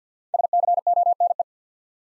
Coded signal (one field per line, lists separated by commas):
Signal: Morse code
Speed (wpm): 49 wpm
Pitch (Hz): 700 Hz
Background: none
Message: SCONE